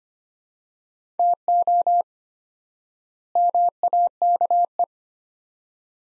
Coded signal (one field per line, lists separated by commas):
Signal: Morse code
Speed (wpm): 25 wpm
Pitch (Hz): 700 Hz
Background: none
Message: TO MAKE